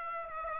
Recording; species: mosquito wingbeat signal from an infrared sensor; Aedes aegypti